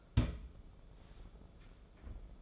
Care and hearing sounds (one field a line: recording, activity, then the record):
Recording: daily activity, microphone in the room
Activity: place on stove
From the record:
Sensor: 5